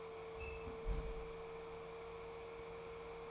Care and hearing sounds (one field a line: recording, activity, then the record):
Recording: daily activity, microphone in the room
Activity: close fridge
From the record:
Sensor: 1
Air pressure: 1014.9 hPa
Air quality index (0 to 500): 192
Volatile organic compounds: 21 ppm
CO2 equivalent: 2715 ppm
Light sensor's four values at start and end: 29/74/31/38 and 16/40/16/19